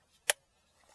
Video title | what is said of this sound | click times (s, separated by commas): CLEC Wireless Car Charger for Toyota Rav4 Prime Installation and adding extra USB Port. 😀🚙👍 | You hear the snap, and of course the USB here, you can't mistake how to put it in. | 0.3 s